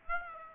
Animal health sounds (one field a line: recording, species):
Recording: mosquito wingbeat signal from an infrared sensor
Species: Aedes aegypti